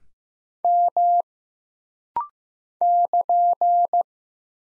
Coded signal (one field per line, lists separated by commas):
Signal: Morse code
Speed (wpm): 15 wpm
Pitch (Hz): 700 Hz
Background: none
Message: M <KN>